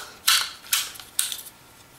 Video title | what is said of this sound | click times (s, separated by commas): The Army's new pistol, SIG P320 review | and click there we go | 1.2 s